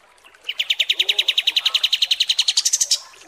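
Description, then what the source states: Kapas tembak: small bird song: a fast run of repeated notes that climbs gradually in pitch toward the end, lasting about two and a half seconds. Masteran (song tutor) for training songbirds, kapas tembak song.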